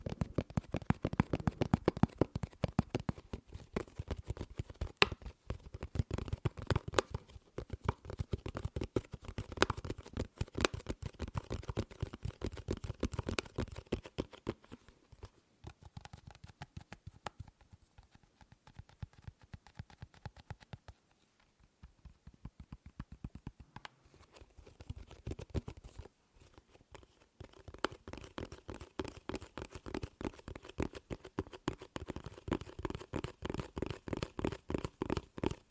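Rapid tapping on objects, dense sharp clicks that thin out and slow near the middle, pause briefly around 21 seconds, then resume quickly.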